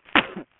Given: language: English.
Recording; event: throat vibration sensor signal played as sound; cough